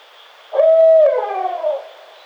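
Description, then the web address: Barred owl giving one loud, sustained hoot that ends in a downward-sliding, wavering tail. Recorded on 25 May 2009. "Barred Owl 2009 05 25"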